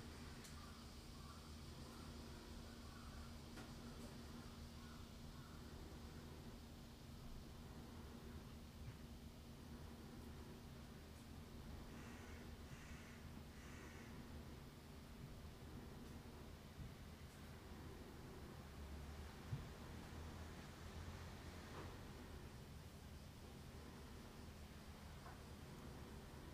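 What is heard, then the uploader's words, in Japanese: A garden sits under a steady low hum, with faint rustles, brief soft clicks, and a few bird-like chirps around the middle. 洗濯機が止まるまで庭を録ってみた。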